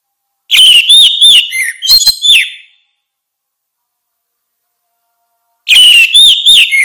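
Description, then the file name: Orange-headed thrush song: a loud phrase of rich whistles and rapid chirpy notes around two seconds long, then a long silence before another phrase begins. "suara kicau burung anis merah"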